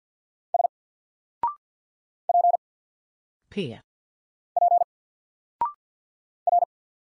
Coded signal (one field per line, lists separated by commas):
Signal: Morse code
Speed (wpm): 48 wpm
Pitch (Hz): 700 Hz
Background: none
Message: S P P R